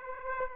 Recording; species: mosquito wingbeat signal from an infrared sensor; Aedes aegypti